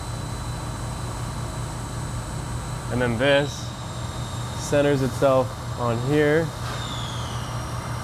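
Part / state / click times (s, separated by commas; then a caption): steering wheel adapter onto steering hub / not seated / none. A steering wheel adapter piece is pushed onto the steering hub, where it centers itself but does not snap home; nothing has clicked or seated yet. Someone talks over a steady low hum throughout.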